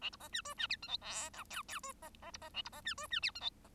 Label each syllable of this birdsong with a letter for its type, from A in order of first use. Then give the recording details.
A B C D E D F G H I J K K E C C B C A B C D E D F G H. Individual Bird1